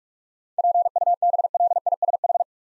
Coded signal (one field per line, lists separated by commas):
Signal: Morse code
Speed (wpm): 44 wpm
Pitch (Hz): 700 Hz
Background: none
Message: PUBLISH